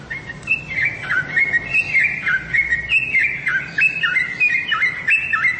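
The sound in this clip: Bird song of quick chirps and short whistled slurs, steady mid-high notes repeated in a run, with a faint low hum underneath.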